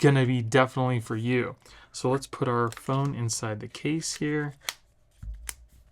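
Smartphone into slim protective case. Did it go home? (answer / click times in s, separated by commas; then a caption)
yes / 5.5 s. A Galaxy S24 Ultra smartphone is pressed into a thin aramid fiber slim protective case, the Armor Air, while someone talks. After a couple of faint handling sounds, the case edge snaps over the phone with a sharp click at 5.5 s, and the phone is seated in the case.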